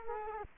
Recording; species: mosquito wingbeat signal from an infrared sensor; Culex quinquefasciatus